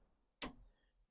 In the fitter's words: actually hear that click